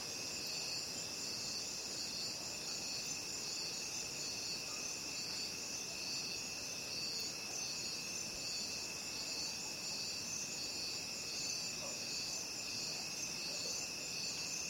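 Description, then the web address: Cricket chorus, an unbroken shrill high-pitched trilling that holds steady and even throughout. Crickets calling at night. "the sound pack tree. night crickets"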